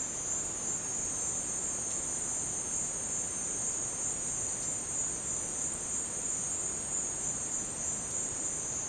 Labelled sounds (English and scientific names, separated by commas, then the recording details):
none
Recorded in dense forest near Puerto Asís, Putumayo, Colombia, on 23 June 2025 at 13:00
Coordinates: 0.484, -76.317
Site G045